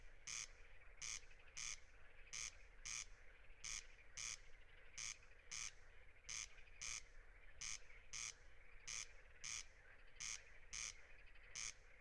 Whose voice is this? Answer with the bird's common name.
Corn Crake